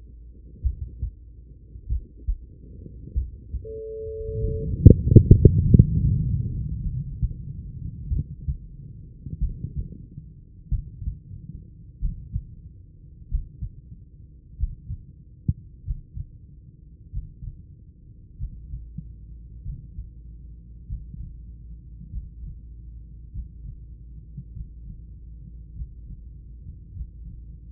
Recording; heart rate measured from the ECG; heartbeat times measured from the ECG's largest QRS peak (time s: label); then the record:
heart sounds by stethoscope; 48 bpm
0.61 s: heartbeat
1.87 s: heartbeat
3.13 s: heartbeat
4.39 s: heartbeat
5.62 s: heartbeat
6.81 s: heartbeat
8.08 s: heartbeat
9.38 s: heartbeat
10.69 s: heartbeat
11.99 s: heartbeat
13.28 s: heartbeat
14.56 s: heartbeat
15.83 s: heartbeat
17.09 s: heartbeat
18.35 s: heartbeat
19.60 s: heartbeat
20.85 s: heartbeat
22.08 s: heartbeat
23.30 s: heartbeat
24.51 s: heartbeat
25.72 s: heartbeat
26.91 s: heartbeat
From the record:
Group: heart failure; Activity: rest 0-8 s, breath hold 8-28 s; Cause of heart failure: idiopathic cardiomyopathy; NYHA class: 2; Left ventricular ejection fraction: 53%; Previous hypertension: present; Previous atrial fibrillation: present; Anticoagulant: apixaban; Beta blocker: bisoprolol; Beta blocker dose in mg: 2.5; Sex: female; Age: 67 years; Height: 150 cm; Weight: 81 kg